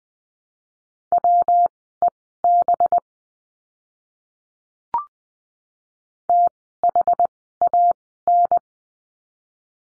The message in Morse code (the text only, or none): WEB THAN